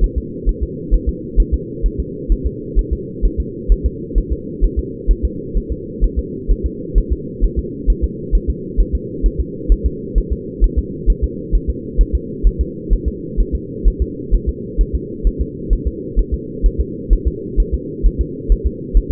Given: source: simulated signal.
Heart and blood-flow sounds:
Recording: fetal heart sounds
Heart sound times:
0.04 s: S1
0.18 s: S2
0.49 s: S1
0.63 s: S2
0.94 s: S1
1.09 s: S2
1.40 s: S1
1.54 s: S2
1.86 s: S1
2.00 s: S2
2.32 s: S1
2.47 s: S2
2.79 s: S1
2.93 s: S2
3.25 s: S1
3.40 s: S2
3.72 s: S1
3.86 s: S2
4.18 s: S1
4.33 s: S2
4.64 s: S1
4.79 s: S2
5.11 s: S1
5.25 s: S2
5.57 s: S1
5.72 s: S2
6.04 s: S1
6.19 s: S2
6.51 s: S1
6.66 s: S2
6.98 s: S1
7.13 s: S2
7.44 s: S1
7.59 s: S2
7.90 s: S1
8.04 s: S2
8.35 s: S1
8.50 s: S2
8.80 s: S1
8.95 s: S2
9.26 s: S1
9.40 s: S2
9.72 s: S1
9.86 s: S2
10.18 s: S1
10.32 s: S2
10.64 s: S1
10.79 s: S2
11.10 s: S1
11.24 s: S2
11.55 s: S1
11.70 s: S2
12.01 s: S1
12.15 s: S2
12.47 s: S1
12.61 s: S2
12.93 s: S1
13.08 s: S2
13.40 s: S1
13.55 s: S2
13.88 s: S1
14.02 s: S2
14.35 s: S1
14.49 s: S2
14.81 s: S1
14.95 s: S2
15.27 s: S1
15.41 s: S2
15.73 s: S1
15.87 s: S2
16.19 s: S1
16.34 s: S2
16.66 s: S1
16.80 s: S2
17.13 s: S1
17.28 s: S2
17.60 s: S1
17.75 s: S2
18.07 s: S1
18.21 s: S2
18.52 s: S1
18.67 s: S2
18.97 s: S1
19.12 s: S2
From the record:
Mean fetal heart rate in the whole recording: 130 bpm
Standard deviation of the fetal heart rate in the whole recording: 2 bpm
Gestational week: 36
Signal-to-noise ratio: -4.1 dB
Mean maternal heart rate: no maternal heart sound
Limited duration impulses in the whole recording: absent

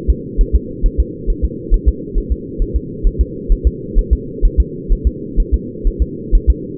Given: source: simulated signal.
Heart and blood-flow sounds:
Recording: fetal heart sounds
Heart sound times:
0.10 s: S2
0.41 s: S1
0.55 s: S2
0.86 s: S1
1.00 s: S2
1.30 s: S1
1.44 s: S2
1.74 s: S1
1.88 s: S2
2.18 s: S1
2.32 s: S2
2.62 s: S1
2.76 s: S2
3.07 s: S1
3.21 s: S2
3.52 s: S1
3.67 s: S2
3.99 s: S1
4.13 s: S2
4.45 s: S1
4.60 s: S2
4.92 s: S1
5.07 s: S2
5.40 s: S1
5.54 s: S2
5.87 s: S1
6.02 s: S2
6.35 s: S1
6.50 s: S2
From the record:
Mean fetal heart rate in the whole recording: 130 bpm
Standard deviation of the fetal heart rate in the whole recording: 4 bpm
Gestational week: 38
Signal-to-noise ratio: -4.1 dB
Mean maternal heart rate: no maternal heart sound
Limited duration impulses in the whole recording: absent

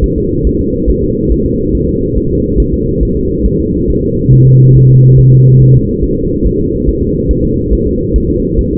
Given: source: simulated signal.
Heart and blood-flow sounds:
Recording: fetal heart sounds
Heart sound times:
0.04 s: S1
0.18 s: S2
0.47 s: S1
0.61 s: S2
0.90 s: S1
1.04 s: S2
1.32 s: S1
1.46 s: S2
1.75 s: S1
1.89 s: S2
2.17 s: S1
2.31 s: S2
2.60 s: S1
2.74 s: S2
3.03 s: S1
3.17 s: S2
3.46 s: S1
3.60 s: S2
3.90 s: S1
4.04 s: S2
4.33 s: S1
4.47 s: S2
4.76 s: S1
4.91 s: S2
5.19 s: S1
5.33 s: S2
5.62 s: S1
5.76 s: S2
6.04 s: S1
6.18 s: S2
6.46 s: S1
6.61 s: S2
6.89 s: S1
7.03 s: S2
7.31 s: S1
7.45 s: S2
7.73 s: S1
7.87 s: S2
8.16 s: S1
8.30 s: S2
8.59 s: S1
8.73 s: S2
From the record:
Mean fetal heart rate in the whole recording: 140 bpm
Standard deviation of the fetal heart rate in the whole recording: 2 bpm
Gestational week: 34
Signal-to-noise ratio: -14.7 dB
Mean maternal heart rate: 72 bpm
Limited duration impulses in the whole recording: present

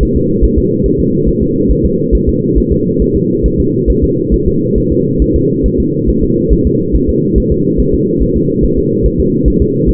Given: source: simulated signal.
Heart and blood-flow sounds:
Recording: fetal heart sounds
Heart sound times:
0.03 s: S1
0.17 s: S2
0.44 s: S1
0.58 s: S2
0.86 s: S1
1.00 s: S2
1.28 s: S1
1.43 s: S2
1.71 s: S1
1.85 s: S2
2.15 s: S1
2.29 s: S2
2.58 s: S1
2.72 s: S2
3.02 s: S1
3.16 s: S2
3.46 s: S1
3.60 s: S2
3.90 s: S1
4.04 s: S2
4.34 s: S1
4.48 s: S2
4.78 s: S1
4.92 s: S2
5.22 s: S1
5.36 s: S2
5.66 s: S1
5.80 s: S2
6.09 s: S1
6.24 s: S2
6.53 s: S1
6.67 s: S2
6.95 s: S1
7.09 s: S2
7.38 s: S1
7.52 s: S2
7.80 s: S1
7.94 s: S2
8.22 s: S1
8.37 s: S2
8.64 s: S1
8.78 s: S2
9.06 s: S1
9.20 s: S2
9.48 s: S1
9.62 s: S2
9.89 s: S1
From the record:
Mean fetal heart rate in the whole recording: 140 bpm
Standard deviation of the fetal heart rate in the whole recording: 2 bpm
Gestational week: 34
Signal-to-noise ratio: -11.2 dB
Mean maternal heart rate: 72 bpm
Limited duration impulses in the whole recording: present

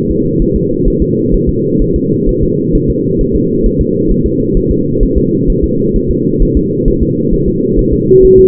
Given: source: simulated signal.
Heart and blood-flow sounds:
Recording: fetal heart sounds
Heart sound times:
0.11 s: S2
0.42 s: S1
0.56 s: S2
0.88 s: S1
1.02 s: S2
1.34 s: S1
1.49 s: S2
1.82 s: S1
1.96 s: S2
2.29 s: S1
2.43 s: S2
2.75 s: S1
2.90 s: S2
3.21 s: S1
3.36 s: S2
3.66 s: S1
3.81 s: S2
4.11 s: S1
4.26 s: S2
4.57 s: S1
4.71 s: S2
5.03 s: S1
5.17 s: S2
5.50 s: S1
5.64 s: S2
5.96 s: S1
6.11 s: S2
6.42 s: S1
6.57 s: S2
6.88 s: S1
7.03 s: S2
7.34 s: S1
7.48 s: S2
7.79 s: S1
7.93 s: S2
8.25 s: S1
8.39 s: S2
From the record:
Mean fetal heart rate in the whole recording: 130 bpm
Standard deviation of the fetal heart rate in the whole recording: 4 bpm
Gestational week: 38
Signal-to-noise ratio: -11.2 dB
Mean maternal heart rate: 72 bpm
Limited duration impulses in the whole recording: present

